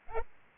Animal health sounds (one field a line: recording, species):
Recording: mosquito wingbeat signal from an infrared sensor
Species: Aedes albopictus